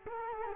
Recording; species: mosquito wingbeat signal from an infrared sensor; Culex quinquefasciatus